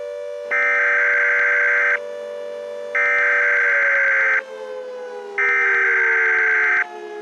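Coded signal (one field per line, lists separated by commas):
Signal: Emergency Alert System (SAME) tones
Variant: header bursts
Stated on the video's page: Fictional EAS scenario, a simulated alert.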